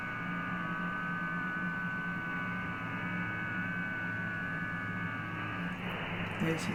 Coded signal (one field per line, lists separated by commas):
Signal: FT8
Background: speech